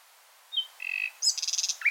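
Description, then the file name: Common nightingale song fragment: a brief whistle, a short trill, then a fast burst of repeated high notes. "Luscinia megarhynchos"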